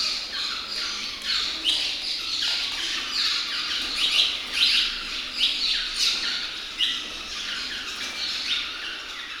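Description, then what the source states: Swallows chattering, with many sharp high twittering notes that overlap and swell in irregular bursts. Swallows calling inside a Maya temple.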